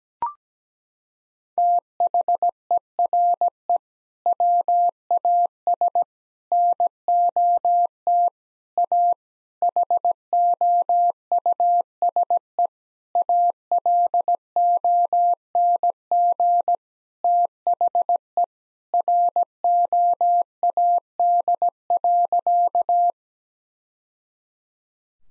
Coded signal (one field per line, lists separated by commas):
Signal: Morse code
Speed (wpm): 17 wpm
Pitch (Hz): 700 Hz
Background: none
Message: THERE WAS NOT A HOUSE ALONG THE ROAD.